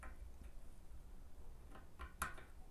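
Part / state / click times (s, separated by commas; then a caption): rotor cap onto rotor casing thread of a brass instrument / seated / 2.2 s. A threaded metal rotor cap is turned counter-clockwise on the rotor casing of a brass horn so its thread drops onto the start of the mating thread. Faint scraping ticks lead to a sharp, bright metallic click at 2.2 s, which signals the cap has seated at the thread start and can now be turned right without cross-threading.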